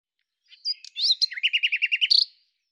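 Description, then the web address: Common nightingale song: a short varied intro of sharp notes, then a rapid run of loud repeated chirps ending in a bright buzzy flourish. Cleaned, normalized recording. "Deverinetal 2025"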